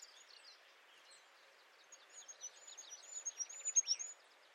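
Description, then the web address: Bird heard in the second half giving a quick run of high, thin chirps over steady background noise, louder near the end. "birddata Deverinetal 2025"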